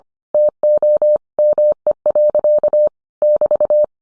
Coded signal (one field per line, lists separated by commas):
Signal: Morse code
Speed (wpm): 25 wpm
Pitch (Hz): 600 Hz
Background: none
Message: TO ME. <BT>